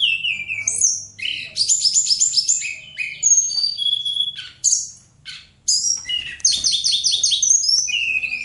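Bird song, a fast medley of high whistled slurs, buzzy trills and rapid repeated notes, with short pauses between bursts.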